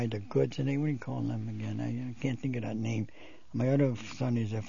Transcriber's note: none